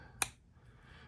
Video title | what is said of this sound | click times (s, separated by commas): What’s Your Collecting Style? Why I Collect What I Collect! | Pops right in there. | 0.2 s